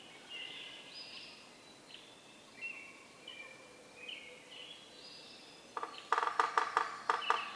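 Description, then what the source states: Yellow-bellied Sapsucker drumming begins late, a series of irregular knocks, after a stretch of faint whistled birdsong. Community of several drummers on varied substrates, mechanical non-vocal drumming; recorded 6:22–6:50 a.m. from 15 minutes before sunrise (6:37), April 24, 2018, Atlanta, Michigan.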